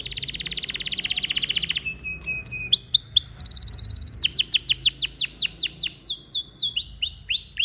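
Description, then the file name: Canary song: a fast buzzy trill, then rapid repeated sweeping notes and descending whistled phrases, changing tour every second or so, bright and high-pitched throughout. "طائر الكناري (اشهر طيور بصوت عذب)"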